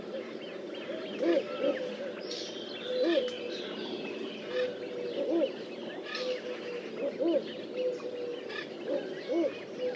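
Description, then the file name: Little bittern repeating a deep, gruff single note every second or two, set within a continuous chorus of other birds. "Blongios nain"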